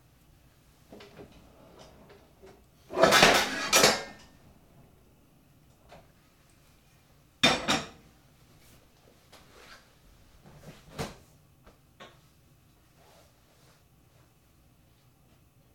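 Kitchen handling while cooking a quick meal: scattered clicks and light knocks over a low, steady hum. A loud clattering burst of dishes and pans comes around three to four seconds, a sharp clank near seven and a half, and another near eleven.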